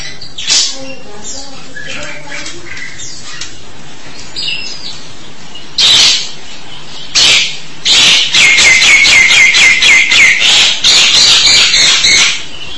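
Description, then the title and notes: Starling song opening with a few harsh bursts, then a long, rapid, buzzy rattling series of high notes. "suara burung jalak"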